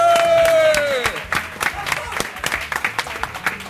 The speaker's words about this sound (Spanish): Y esto no es un programa más de Pánico en el Núcleo porque estamos en las sextas jornadas de podcasting de Alicante. ¡Un aplauso!